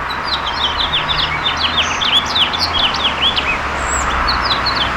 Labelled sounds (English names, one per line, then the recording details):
House Finch song
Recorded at Babylon on Long Island, New York, on 18 May 2013
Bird F